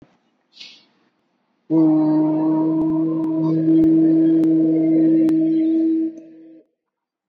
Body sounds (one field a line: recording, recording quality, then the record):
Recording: sustained vowel as in boot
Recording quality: excellent, no background noise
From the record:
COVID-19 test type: RT-PCR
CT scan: not taken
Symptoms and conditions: cough, hypertension, diabetes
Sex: female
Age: 53 years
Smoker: no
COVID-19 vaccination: one dose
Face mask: not worn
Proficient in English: yes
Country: India